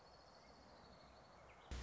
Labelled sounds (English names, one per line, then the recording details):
Orange-crowned Warbler
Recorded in Sonoma County, California